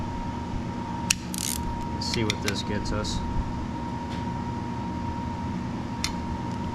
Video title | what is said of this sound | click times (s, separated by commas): Kohler K91 4hp part 7 breather install head install | that was 70, but it didn't click, so let's see. | none